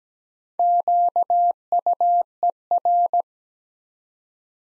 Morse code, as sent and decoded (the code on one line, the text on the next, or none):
--.- ..- . .-.
QUER